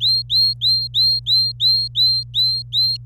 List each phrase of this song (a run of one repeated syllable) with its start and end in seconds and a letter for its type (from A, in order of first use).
0.00-2.97 A